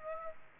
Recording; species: mosquito wingbeat signal from an infrared sensor; Aedes aegypti